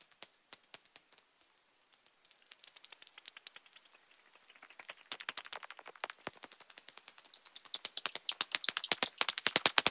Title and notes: SBG, Carrer Nou - Murciélagos. Carrer Nou, murcielagos. los murciélagos del pueblo se concentran alrededor de la iglesia y del Carrer Nou. Las llamadas que usan para orientarse (ecolocalización)